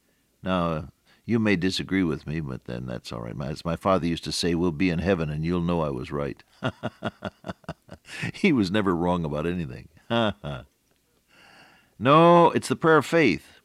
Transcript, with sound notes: Now, you may disagree with me but then that’s alright. As my father used to say, “We’ll be in heaven and you’ll know I was right.” [laughter] He was never wrong about anything. [chuckle] No, it’s a prayer of faith.